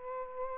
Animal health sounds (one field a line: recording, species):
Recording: mosquito wingbeat signal from an infrared sensor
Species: Aedes aegypti